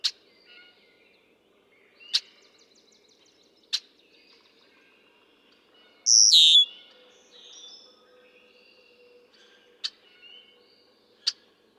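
Red-winged blackbird, one loud harsh descending call midway, with several sharp clicks and faint whistled notes around it.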